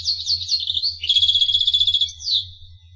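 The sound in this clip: Finch singing a brief phrase of high chirps, a rapid trill of repeated notes, and a final slurred note, over a low hum.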